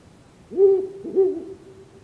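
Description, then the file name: Ural owl hooting, two deep, low hoots about half a second apart, each swelling then trailing off in a steady tone, with quiet background. Used in an Estonian bird-voice recognition quiz, winter set. "handkakk"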